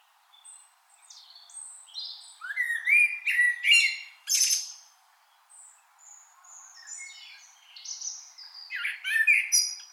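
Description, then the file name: Common blackbird, rich whistled warbling phrase dissolving into squeaky high twitters, then a softer second phrase rising into a thin screechy ending. "Turdus merula"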